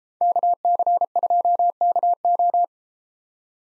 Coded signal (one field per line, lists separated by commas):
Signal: Morse code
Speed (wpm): 33 wpm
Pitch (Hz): 700 Hz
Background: none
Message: KC2KO